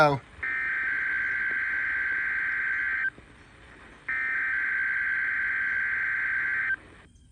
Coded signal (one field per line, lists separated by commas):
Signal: Emergency Alert System (SAME) tones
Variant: header bursts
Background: speech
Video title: THE LAST FOR DAYLIGHT TIME - EAS Alerts from 11/02/22 (EAS #693 - 701)